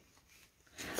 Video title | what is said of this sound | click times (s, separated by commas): UNBOXING #biggestcraft #crossstitch #pointdecroix | regardez ça s'enclenche pas du tout | none